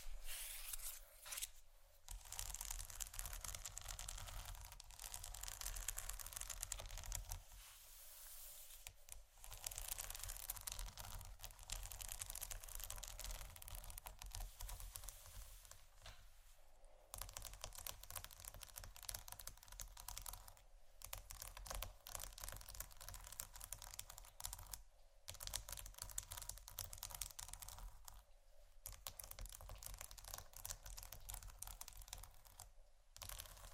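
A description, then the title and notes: Scratching and tapping go on almost without pause, a dense, bright, crackly texture of quick small strokes like typing or crinkling. A low rumble runs underneath throughout. Brief gaps of near silence break it up around 2, 8, 17, 25 and 28 seconds. ASMR Scratching & Tapping For Sleep（No Talking）.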